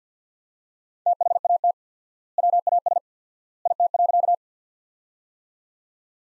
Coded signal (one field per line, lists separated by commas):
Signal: Morse code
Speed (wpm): 49 wpm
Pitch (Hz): 700 Hz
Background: none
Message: THAT WAS IT.